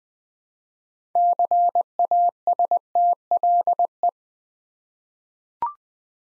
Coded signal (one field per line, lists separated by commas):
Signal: Morse code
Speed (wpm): 20 wpm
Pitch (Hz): 700 Hz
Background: none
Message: CASTLE